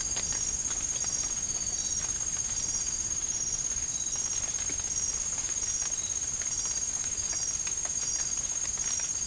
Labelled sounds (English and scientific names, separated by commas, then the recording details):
none
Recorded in dense forest near Puerto Asís, Putumayo, Colombia, on 27 June 2025 at 03:30
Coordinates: 0.503, -76.323
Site G059